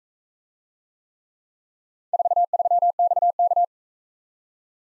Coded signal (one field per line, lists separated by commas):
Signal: Morse code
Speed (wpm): 44 wpm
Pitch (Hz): 700 Hz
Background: none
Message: 43XK